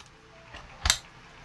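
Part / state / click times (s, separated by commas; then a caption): travel lock on an RV refrigerator door / seated / 0.9 s. A hand presses the travel lock on an RV refrigerator door, and it clicks shut with two sharp clicks at 0.8 and 0.9 seconds, leaving the lock seated. The lock keeps the door from opening while driving.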